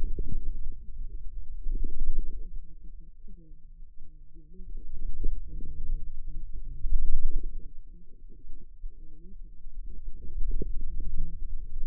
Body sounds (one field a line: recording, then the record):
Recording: forearm muscle sounds (acoustic myography)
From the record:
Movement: wrist extension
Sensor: system 2, bracelet of six BSWA MPA416 microphones around the upper forearm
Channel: 5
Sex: female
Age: 25 years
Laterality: right